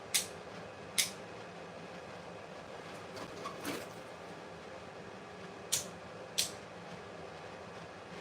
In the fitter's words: two clicks with the torque wrench